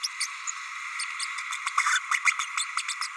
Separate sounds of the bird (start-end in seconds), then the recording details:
0.03-0.08, 0.20-0.27, 1.83-1.99, 2.10-2.19, 2.24-2.33, 2.56-2.65, 2.77-2.82, 2.88-2.94. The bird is a male. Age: 30 days. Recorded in a nest box in Venezuela. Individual 17B32A6